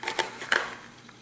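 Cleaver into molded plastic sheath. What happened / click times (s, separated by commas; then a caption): The blade snapped into its plastic sheath / 0.5 s. A Hatcher Knives Shelton cleaver is pushed blade-first into its black molded plastic Boltaron (Kydex-like) sheath. A few light scraping taps lead into a sharp snap at 0.5 s as the cleaver seats firmly in the sheath, followed by a faint tail.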